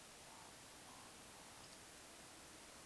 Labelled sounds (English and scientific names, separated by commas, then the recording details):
Eurasian Woodcock (Scolopax rusticola) whistle, Eurasian Woodcock (Scolopax rusticola) croak
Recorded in Baden-Württemberg, Germany, on 21 June 2020 at 02:23 UTC
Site 49006, 684 m above sea level